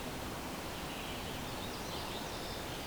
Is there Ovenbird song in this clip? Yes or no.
no